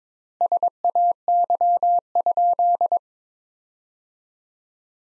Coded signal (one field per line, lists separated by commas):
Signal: Morse code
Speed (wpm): 22 wpm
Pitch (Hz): 700 Hz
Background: none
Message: SAY?